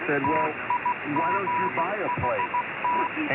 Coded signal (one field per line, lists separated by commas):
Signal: Morse code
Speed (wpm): 16 wpm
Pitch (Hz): 980 Hz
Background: speech, radio noise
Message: TIGHT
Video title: ILLEGAL RADIO